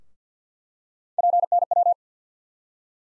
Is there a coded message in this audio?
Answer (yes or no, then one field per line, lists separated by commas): yes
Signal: Morse code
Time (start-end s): 1.2-1.9 s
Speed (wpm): 50 wpm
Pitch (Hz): 700 Hz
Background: none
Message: PNW